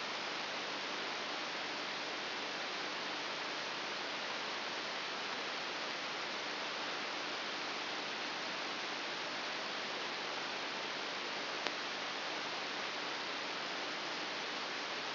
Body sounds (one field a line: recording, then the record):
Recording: brain microelectrode recording played as sound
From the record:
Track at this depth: inside the subthalamic nucleus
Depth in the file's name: 4.402 mm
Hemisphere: right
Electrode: 3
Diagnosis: Parkinson's disease